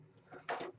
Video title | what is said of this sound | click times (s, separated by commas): C3Dt/c Cantilever 3D Printer Build: Part 6 Z Axis | we go click click so now it's on it's almost secure by itself but these | 0.5 s